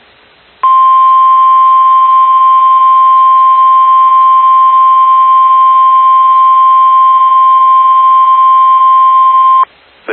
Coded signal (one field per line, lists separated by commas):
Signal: Emergency Alert System (SAME) tones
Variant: 1050 Hz attention tone